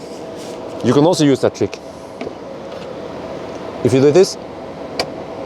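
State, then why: Partly seated. Someone talks over a steady low hum as the door of a 2021 Tesla Model 3 SR+ is pushed gently, so its latch in the door frame striker catches only its first, half-closed stage. A small, sharp click comes at 5.0 s. The door is not fully shut, so the car's screens and heater stay on.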